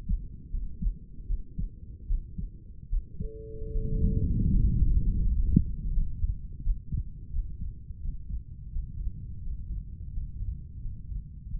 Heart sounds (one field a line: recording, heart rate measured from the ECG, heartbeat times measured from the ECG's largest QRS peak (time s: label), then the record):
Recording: heart sounds by stethoscope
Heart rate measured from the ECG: 82 bpm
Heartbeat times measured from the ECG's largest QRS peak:
0.50 s: heartbeat
1.26 s: heartbeat
2.07 s: heartbeat
2.89 s: heartbeat
3.71 s: heartbeat
4.49 s: heartbeat
5.20 s: heartbeat
5.91 s: heartbeat
6.62 s: heartbeat
7.31 s: heartbeat
8.00 s: heartbeat
8.70 s: heartbeat
9.41 s: heartbeat
10.11 s: heartbeat
10.80 s: heartbeat
11.48 s: heartbeat
From the record:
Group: healthy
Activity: rest 0-5 s, Valsalva maneuver 5-12 s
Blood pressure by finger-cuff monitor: 110/72 mmHg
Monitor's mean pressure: 80 mmHg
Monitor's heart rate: 83 bpm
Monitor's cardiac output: 6.4 L/min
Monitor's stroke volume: 78 mL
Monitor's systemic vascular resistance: 890 dyn s/cm5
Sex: male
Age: 35 years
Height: 180 cm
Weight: 86.9 kg